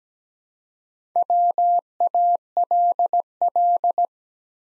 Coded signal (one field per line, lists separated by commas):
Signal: Morse code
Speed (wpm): 17 wpm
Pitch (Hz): 700 Hz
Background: none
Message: WALL